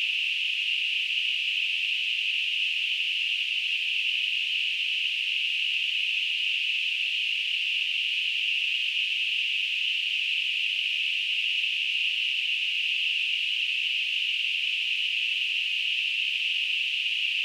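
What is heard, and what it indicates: A steady, unbroken high-pitched hiss holds the same loudness for the whole 17 seconds, with no pulsing or breaks. It is a simulation of tinnitus, the ringing or hissing a person hears without any outside sound.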